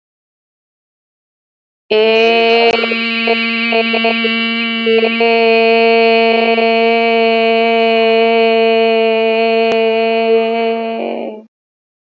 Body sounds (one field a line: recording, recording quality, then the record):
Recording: sustained vowel as in made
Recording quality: excellent, no background noise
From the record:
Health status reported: COVID-19 positive, mild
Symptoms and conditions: sore throat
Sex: female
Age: 33 years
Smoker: not ticked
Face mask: not worn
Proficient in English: yes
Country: India